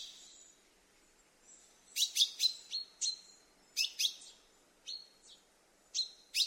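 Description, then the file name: Common chaffinch giving sharp, bright call notes in small uneven clusters, some chips with a brief ringing tail, separated by short gaps. "Fringilla coelebs"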